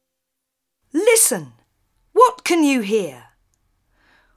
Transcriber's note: none